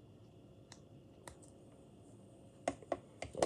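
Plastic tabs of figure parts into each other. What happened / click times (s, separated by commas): Plastic tabs clipped together / 2.7 s, 2.9 s, 3.2 s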